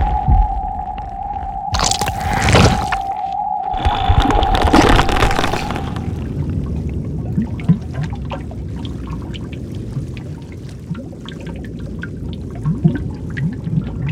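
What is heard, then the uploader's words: An otherworldly ambience opens with a steady mid tone and bright hissing bursts, then settles into a low bubbling, dripping rumble with scattered clicks. Alien Planet Ambiences and Sound Effects.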